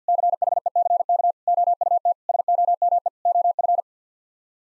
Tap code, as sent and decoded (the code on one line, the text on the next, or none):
none